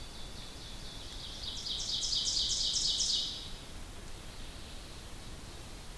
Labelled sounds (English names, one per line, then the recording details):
Ovenbird song
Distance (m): 40 m
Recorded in boreal forest in Alberta, Canada, on 2 June 2016 at 06:00
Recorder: SongMeter 3, array SBT-3-7
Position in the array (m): 49 m, 143 m
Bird 4